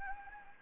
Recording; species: mosquito wingbeat signal from an infrared sensor; Anopheles gambiae